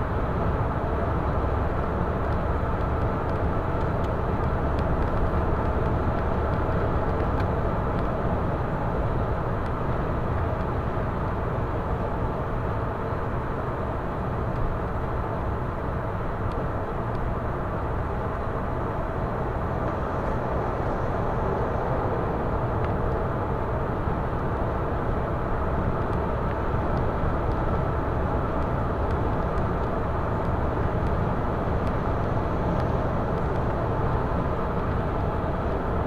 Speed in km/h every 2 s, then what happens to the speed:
129, 130, 130, 130, 130, 122, 121, 115, 114, 115, 116, 118, 122, 126, 128, 128, 128, 128.
0-8 steady at about 130. 8-16 slows to 114. 16-36 speeds up to 128.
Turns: none.